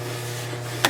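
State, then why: Seated. A binding screw is turned backwards in the thread of a ski binding plate so it won't cross-thread, over a steady low hum. At 0.8 s a short, sharp click is heard as the screw drops into the thread start and seats.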